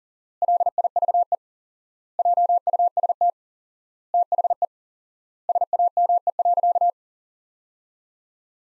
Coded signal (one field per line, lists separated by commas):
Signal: Morse code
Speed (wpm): 40 wpm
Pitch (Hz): 700 Hz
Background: none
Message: LIVE JUST THE SAME.